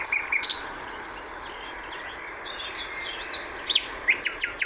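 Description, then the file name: Common nightingale song in scattered bursts: a few sharp high notes, soft whistled fragments, then louder clicking notes near the end, over constant background noise. "Luscinia megarhynchos"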